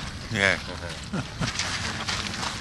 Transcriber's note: chuckles